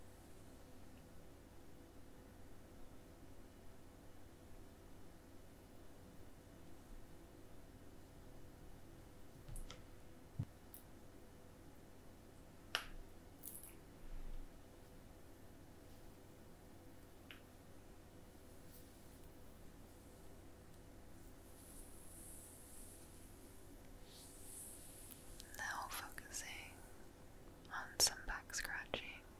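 A quiet back scratch with soft scrapes and a few sharp clicks around 10–13 seconds, then brighter rustling bursts near 25 seconds.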